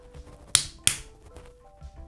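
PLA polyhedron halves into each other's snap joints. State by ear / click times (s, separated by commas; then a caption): seated / 0.6 s, 0.9 s. Two halves of a folding 3D-printed PLA die are pressed together so their snap joints lock into each other. Two sharp, bright snaps ring out at 0.6 s and 0.9 s over a quiet background with faint softer taps. The die is then fully assembled.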